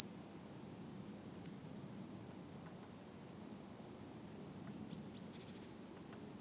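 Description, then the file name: Great tit call: one brief high note at the start, then near the end two sharp, thin, high notes in quick succession, over a steady low hiss. "Parus major"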